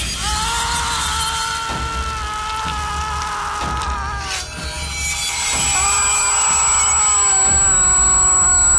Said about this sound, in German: Ein Sinuston, der an einen Tinnitusklang erinnert. Sound und Musik lassen den Zuschauer die Materialität der Tatwaffe körperlich spüren.